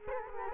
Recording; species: mosquito wingbeat signal from an infrared sensor; Culex quinquefasciatus